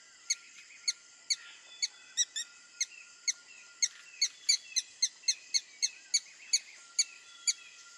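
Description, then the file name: Red-stained woodpecker giving a long series of sharp, high squeaky notes that quicken in the middle and then space out again. "Canto do pica pau avermelhado"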